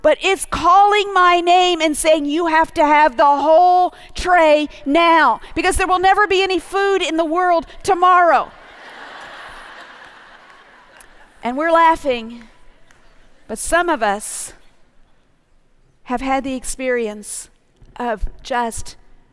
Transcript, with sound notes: It’s calling my name, saying, “You have to have the whole tray now because there will never be any food in the world tomorrow.” (laughter) And we’re laughing, but some of us have had the experience of just